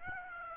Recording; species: mosquito wingbeat signal from an infrared sensor; Aedes aegypti